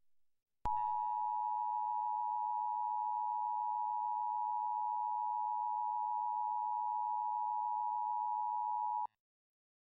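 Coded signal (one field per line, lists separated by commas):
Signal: Emergency Alert System (SAME) tones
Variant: 853 and 960 Hz attention tone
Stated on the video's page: Recreated mock of a National Periodic Test, remastered from a 2016 test, with valid tones.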